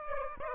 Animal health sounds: mosquito wingbeat signal from an infrared sensor; Aedes aegypti

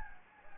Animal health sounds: mosquito wingbeat signal from an infrared sensor; Anopheles gambiae

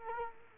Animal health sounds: mosquito wingbeat signal from an infrared sensor; Culex quinquefasciatus

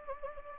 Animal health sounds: mosquito wingbeat signal from an infrared sensor; Anopheles gambiae

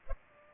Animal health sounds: mosquito wingbeat signal from an infrared sensor; Culex pipiens

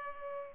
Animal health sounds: mosquito wingbeat signal from an infrared sensor; Culex pipiens

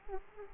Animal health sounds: mosquito wingbeat signal from an infrared sensor; Culex quinquefasciatus

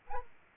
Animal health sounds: mosquito wingbeat signal from an infrared sensor; Anopheles arabiensis

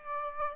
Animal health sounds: mosquito wingbeat signal from an infrared sensor; Aedes aegypti

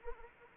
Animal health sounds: mosquito wingbeat signal from an infrared sensor; Anopheles arabiensis

